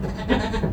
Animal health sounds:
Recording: contact call of a hoofed animal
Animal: goat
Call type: low-frequency (closed-mouth) or high-frequency (open-mouth) call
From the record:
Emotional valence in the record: positive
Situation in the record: food anticipation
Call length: 0.74 s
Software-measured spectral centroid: 1610 Hz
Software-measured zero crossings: 1180 a second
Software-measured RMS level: -24 dBFS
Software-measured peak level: -6 dBFS

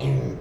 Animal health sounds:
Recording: contact call of a hoofed animal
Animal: pig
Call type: closed-mouth grunt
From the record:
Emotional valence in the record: negative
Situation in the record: short social isolation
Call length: 0.41 s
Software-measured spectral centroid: 1510 Hz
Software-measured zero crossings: 710 a second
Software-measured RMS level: -24 dBFS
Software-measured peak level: -13 dBFS

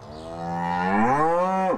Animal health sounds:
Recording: contact call of a hoofed animal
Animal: cattle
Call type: low-frequency (closed-mouth) or high-frequency (open-mouth) call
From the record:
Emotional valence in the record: negative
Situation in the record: physical separation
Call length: 1.78 s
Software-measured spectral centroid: 1220 Hz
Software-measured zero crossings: 1500 a second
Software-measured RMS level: -23 dBFS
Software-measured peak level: -9 dBFS

